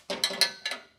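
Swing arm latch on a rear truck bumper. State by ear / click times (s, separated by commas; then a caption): not seated / none. The steel swing arm of a Bushmaster 2.0 swing arm rear bumper on a 2005–2015 Toyota Tacoma is handled near its latch, producing four sharp, bright knocks at about 0.1, 0.2, 0.4 and 0.7 seconds, each with a short ringing tone and a quick decay. Nothing has seated or latched yet.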